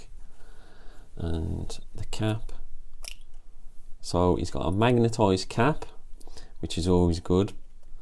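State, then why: Not seated. Someone talks while handling the magnetized cap of a perfume bottle, with a sharp tap heard around 3.1 seconds. The cap has not clicked back into place yet.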